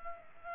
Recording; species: mosquito wingbeat signal from an infrared sensor; Culex pipiens